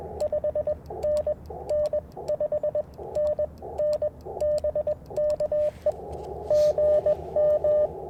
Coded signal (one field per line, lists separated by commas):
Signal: Morse code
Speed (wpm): 21 wpm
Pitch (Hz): 600 Hz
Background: radio noise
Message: 5NN 5NN BK E GM